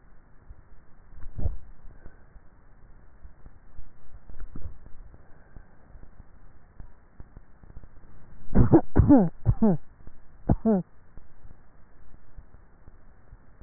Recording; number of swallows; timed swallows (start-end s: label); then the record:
swallowing sounds by neck microphone; 2
1.22-2.42 s: swallow
4.38-5.08 s: swallow
From the record:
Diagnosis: dysphagia